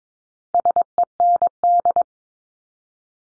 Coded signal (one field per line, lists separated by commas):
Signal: Morse code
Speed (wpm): 22 wpm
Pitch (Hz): 700 Hz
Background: none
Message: SEND